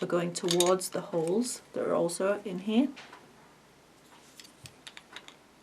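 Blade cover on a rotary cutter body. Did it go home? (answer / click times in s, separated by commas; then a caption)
no / none. Someone talks while lining up a blade cover on a rotary cutter body so its two small slots face the holes in the cutter before it is pushed on. After the talking, small plastic handling taps are heard from about 4.4 to 5.3 seconds. The cover has not seated or clicked yet.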